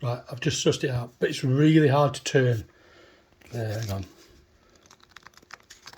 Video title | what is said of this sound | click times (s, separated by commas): Bosch Universal Aquatak 135 initial thoughts on opening. | It does turn. Can you hear it click? Hang on. There you are, there's the click. | 5.2 s, 5.3 s, 5.4 s, 5.5 s, 5.7 s, 5.9 s